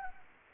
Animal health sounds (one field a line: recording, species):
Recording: mosquito wingbeat signal from an infrared sensor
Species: Anopheles gambiae